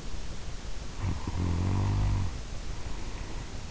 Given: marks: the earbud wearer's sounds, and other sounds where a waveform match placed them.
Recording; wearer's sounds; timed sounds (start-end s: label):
sounds in sleep by an in-ear microphone; snoring breath
0.88-3.53 s: snoring breath